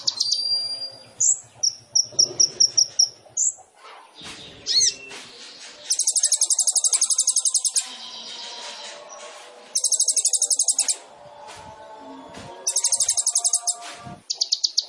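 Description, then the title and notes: Sunbird song: a few high sweeping notes and a chip run, then loud, very high rattling trills of one to two seconds, repeated several times with softer warbling between. Indonesian masteran song-training material of an actively singing (gacor) sunbird, with fill-in (isian) and shot (tembakan) phrases, used as a lure (pancingan) to prompt birds to sing. "MASTERAN KOLIBRI NINJA FULL ISIAN DAN TEMBAKAN COCOK BUAT PANCINGAN. Suara Burung Kolibri Ninja Gacor"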